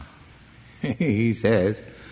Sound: chuckling

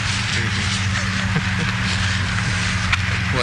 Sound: laughs

